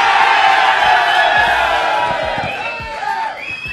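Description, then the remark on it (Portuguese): A live audience at the Estádio 97 show at Banco Honda Hall cheers loudly, a dense wall of shouts and whoops that stays strong before easing slightly, with a few rising yells near the end. “Olha que plateia!”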